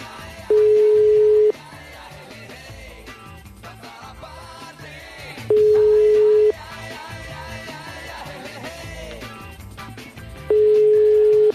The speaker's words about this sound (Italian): Suona il telefono della Zanzara.